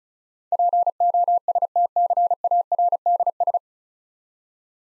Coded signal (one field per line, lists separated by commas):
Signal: Morse code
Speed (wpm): 36 wpm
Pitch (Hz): 700 Hz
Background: none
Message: POSTCARDS